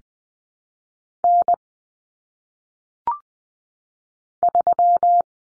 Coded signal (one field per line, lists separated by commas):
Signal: Morse code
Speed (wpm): 20 wpm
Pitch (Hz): 700 Hz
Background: none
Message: N 3